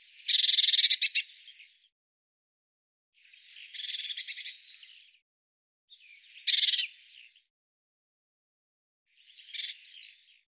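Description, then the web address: Bird giving four harsh, buzzy pulsed bursts high in pitch, each lasting about a second and spaced roughly three seconds apart, with silence in between. "cianscape birddata Deverinetal 2025 File cleaned normalized Bird Cy Ca"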